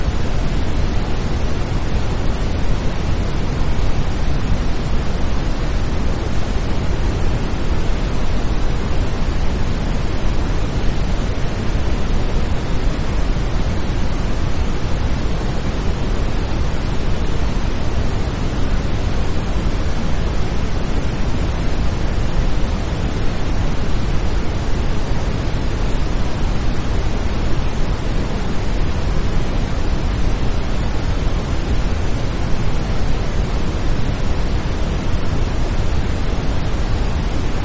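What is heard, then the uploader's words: A steady, dense hiss of white noise runs unchanged for the whole stretch, filling everything from a deep low rumble up to a bright top. The level holds flat, with a fine grainy texture and no events, breaks or other sounds. White Noise.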